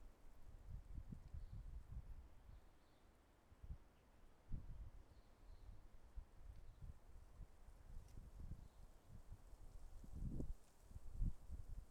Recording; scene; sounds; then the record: everyday scene through a hearing-aid microphone; wind on the microphone; wind, traffic, birds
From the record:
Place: suburban garden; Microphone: behind the ear, left, front